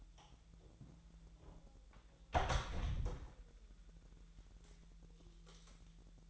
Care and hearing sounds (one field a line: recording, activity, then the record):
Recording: daily activity, microphone in the room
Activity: close door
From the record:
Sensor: 3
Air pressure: 1001.3 hPa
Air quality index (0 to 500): 249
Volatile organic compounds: 161 ppm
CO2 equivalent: 4070 ppm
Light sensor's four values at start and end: 13/30/12/12 and 12/29/12/12